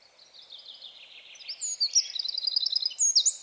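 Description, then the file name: Eurasian wren delivering a high, rapid, tinkling trill that builds from soft buzzy notes to loud sharp repeated elements. "Troglodytes troglodytes"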